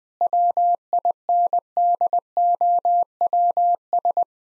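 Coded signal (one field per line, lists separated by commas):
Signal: Morse code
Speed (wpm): 20 wpm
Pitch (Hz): 700 Hz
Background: none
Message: WINDOWS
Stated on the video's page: Morse code practice at 20 wpm sending all-age jokes, using contextual priming.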